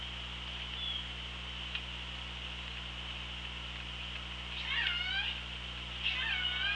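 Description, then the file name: Orca calls under water: after a steady hiss, two pulsed, harmonic-rich calls sweep down then level off near the five- and six-second marks, over a constant low hum. Hydrophone, 24 August 2017. "Orca Lab"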